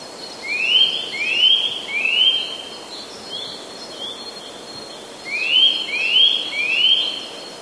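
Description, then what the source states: Eurasian nuthatch giving upslurred whistles, three in a row, a pause with softer notes, then another run of three, with steady hiss behind. Calls recorded in March.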